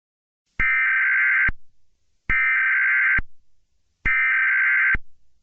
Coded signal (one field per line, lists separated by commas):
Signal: Emergency Alert System (SAME) tones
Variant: header bursts